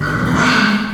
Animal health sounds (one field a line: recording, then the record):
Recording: squeal of a Yucatan mini pig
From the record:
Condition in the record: after surgery on the right vocal fold (resection and tissue-engineered implant)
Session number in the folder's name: 15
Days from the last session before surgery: 175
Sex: female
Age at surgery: 19 weeks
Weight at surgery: 25 kg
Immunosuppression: prednisolone